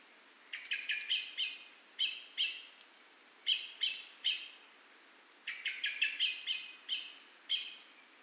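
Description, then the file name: Eurasian blackbird producing grating chack calls in irregular clusters, several notes per cluster, with soft steady background noise. "Turdus merula"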